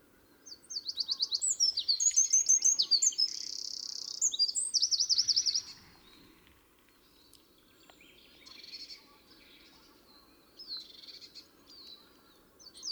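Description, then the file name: Eurasian wren delivers a five-second stream of shrill rapid notes with a buzzy trill, followed by softer scattered phrases over a low background hum. "Troglodytes troglodytes"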